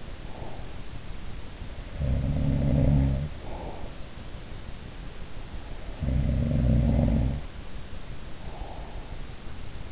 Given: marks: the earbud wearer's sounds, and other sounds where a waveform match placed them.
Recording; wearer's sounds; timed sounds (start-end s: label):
sounds in sleep by an in-ear microphone; breath
0.00-0.93 s: breath
1.82-4.23 s: sound from someone else or the room
5.65-7.72 s: sound from someone else or the room
8.19-9.54 s: breath